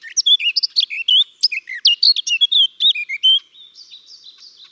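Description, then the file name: Eurasian blackcap song: a rich, fluty warble of loud whistled phrases rising and falling for about three seconds, then fading into soft, scratchy twittering. "Sylvia atricapilla"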